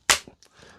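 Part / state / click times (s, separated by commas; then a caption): 18V battery pack into cordless power tool / seated / 0.1 s. An 18V slide-on lithium battery pack, apparently for Milwaukee tools, is slammed onto the plastic battery rail of a cordless power tool. It latches with a sharp, satisfying click at 0.1 s, followed by a softer knock near 0.3 s, a faint tick near 0.4 s, and a low rattle to the end. The battery is seated in the tool.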